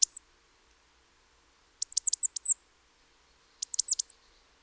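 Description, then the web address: Great tit uttering quick series of three or four high, sharp notes that drop in pitch, two bursts after a single opening note; quiet background. "SETE Parus major"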